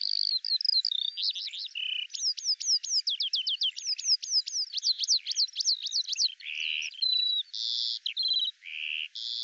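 Eurasian skylark song, ceaseless high twittering with a series of quick sweeping notes in the middle and buzzy, rasping bursts near the end.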